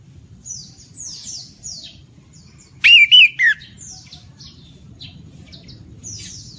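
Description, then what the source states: Orange-headed thrush singing a quick burst of three whistled notes midway, the last falling, over a steady background of faint, high, repeated downslurred chirps. Actively singing bird, described with the bird-keeping term gacor.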